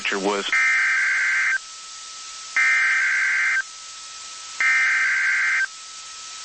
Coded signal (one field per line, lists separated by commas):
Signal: Emergency Alert System (SAME) tones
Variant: header bursts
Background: speech